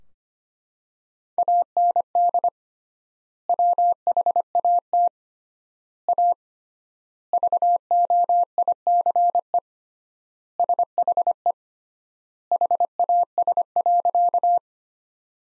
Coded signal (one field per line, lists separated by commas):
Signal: Morse code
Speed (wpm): 25 wpm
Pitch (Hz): 700 Hz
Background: none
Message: AND WHAT A VOICE SHE HAS.